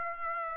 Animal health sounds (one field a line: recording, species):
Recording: mosquito wingbeat signal from an infrared sensor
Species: Aedes aegypti